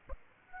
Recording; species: mosquito wingbeat signal from an infrared sensor; Aedes aegypti